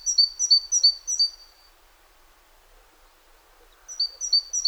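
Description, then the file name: Great tit repeating a high, bell-like two-note figure four times, then a pause before three more similar notes. "Parus major"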